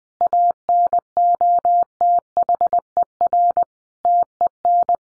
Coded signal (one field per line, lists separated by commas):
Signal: Morse code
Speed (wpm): 20 wpm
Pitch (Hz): 700 Hz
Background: none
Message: ANOTHER TEN